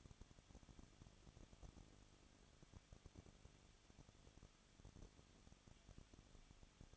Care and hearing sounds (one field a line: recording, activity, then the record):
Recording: daily activity, microphone in the room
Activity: no activity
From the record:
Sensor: 4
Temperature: 23.0 degrees Celsius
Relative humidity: 34.2%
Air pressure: 1007.2 hPa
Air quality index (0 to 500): 217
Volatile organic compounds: 15 ppm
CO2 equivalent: 2509 ppm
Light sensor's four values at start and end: 2/3/1/1 and 2/3/1/1